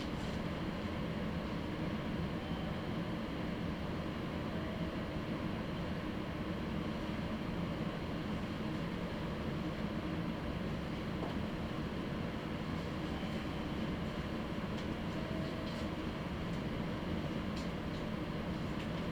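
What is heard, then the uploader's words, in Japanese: Interior of a moving train on a local line, with a steady, dense rumble of wheels and motor that holds level for the whole stretch. The low roar dominates, with faint clicks and light rattles appearing now and then toward the end. 名古屋鉄道 西尾線 吉良吉田→新安城→知立。同じルートを戻って新安城を通り知立まで行きます。行きは普通でしたが帰りは急行ということで、西尾線内で4駅、本線で1駅飛ばしていきますが、神宮前まで急行でそこから普通列車に変わっています。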